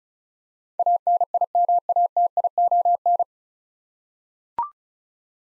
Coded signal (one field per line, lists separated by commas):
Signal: Morse code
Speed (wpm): 36 wpm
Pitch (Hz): 700 Hz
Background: none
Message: ANIMATION